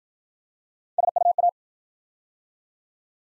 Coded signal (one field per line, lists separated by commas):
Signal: Morse code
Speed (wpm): 52 wpm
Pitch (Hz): 700 Hz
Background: none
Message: SUA